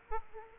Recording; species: mosquito wingbeat signal from an infrared sensor; Aedes aegypti